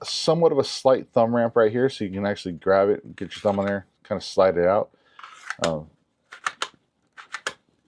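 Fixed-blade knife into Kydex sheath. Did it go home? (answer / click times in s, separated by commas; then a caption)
yes / 7.5 s. Someone talks while a Kizer Metaproptizol fixed-blade knife is slid out of its black Kydex sheath by the thumb ramp and then pushed back in. A few short, sharp sounds follow the speech, and the knife snaps home and seats in the sheath with a click at 7.5 s.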